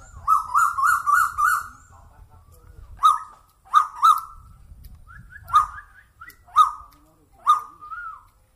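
Bird calls: a quick run of buzzy notes, then several sharp explosive notes, each trailing into a brief whistle.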